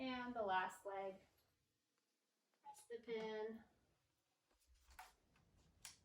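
Someone talks while pressing the spring pin on the last rear leg of a standard two-wheel walker, handling the leg at the aluminium frame tube, with brief handling sounds near 5.0 and 5.9 seconds. Nothing has seated or clicked yet: the leg has not snapped into place when the clip ends.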